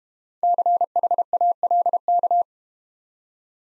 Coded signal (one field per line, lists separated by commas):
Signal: Morse code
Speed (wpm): 32 wpm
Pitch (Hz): 700 Hz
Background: none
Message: CHALK